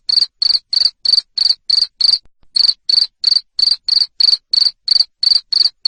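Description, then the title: Cricket chirping in a fast regular beat of piercing high pulses, one brief silence near the middle. Loud cricket chirping played to stimulate lovebirds into singing continuously. "Suara JANGKRIK NGERIK Keras Bikin LOVEBIRD Jadi NGEKEK Terus Vubey"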